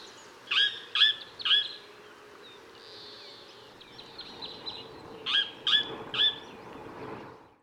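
Bird giving sharp, high calls in two bursts of three, each note clipped and evenly spaced about half a second apart, with softer twittering between them.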